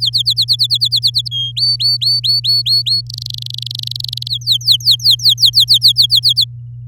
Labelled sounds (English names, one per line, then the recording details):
Domestic Canary song
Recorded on 11 May 2018 at 06:07
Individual llb16